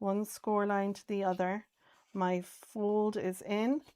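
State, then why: Not seated. A cardstock box piece for an explosion box card mechanism is folded along its score line and handled at a card panel slot while someone talks over it. Paper rustles faintly between the words. Nothing has seated or clicked into the slot yet.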